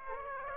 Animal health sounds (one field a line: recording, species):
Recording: mosquito wingbeat signal from an infrared sensor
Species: Aedes aegypti